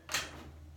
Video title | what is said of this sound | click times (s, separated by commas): Miele Cat Dog U1 upright full demo | and it locks into place, so it's upright. It's not going anywhere, right? | 0.1 s